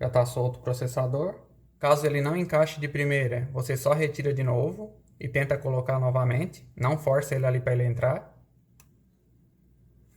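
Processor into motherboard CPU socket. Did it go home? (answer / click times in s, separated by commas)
no / none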